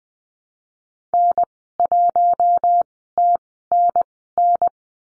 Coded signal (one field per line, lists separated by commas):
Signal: Morse code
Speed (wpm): 20 wpm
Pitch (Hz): 700 Hz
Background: none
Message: N1TNN